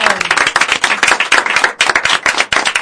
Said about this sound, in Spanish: Bueno, un aplauso.